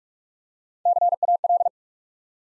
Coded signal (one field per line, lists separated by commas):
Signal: Morse code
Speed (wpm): 44 wpm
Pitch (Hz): 700 Hz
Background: none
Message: CAL